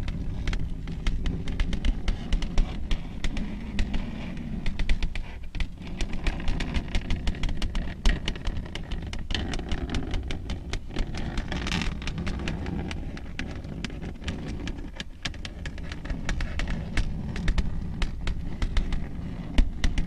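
Long nails tap and scratch across a surface in a dense, continuous patter of small clicks that runs the whole twenty seconds. A heavy low rumble sits underneath throughout, and a few sharper, brighter taps stand out, one near the twelve-second mark.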